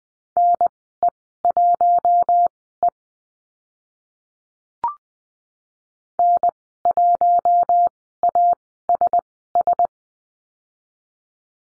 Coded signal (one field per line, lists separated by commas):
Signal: Morse code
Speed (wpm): 20 wpm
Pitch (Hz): 700 Hz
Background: none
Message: NE1E N1ASS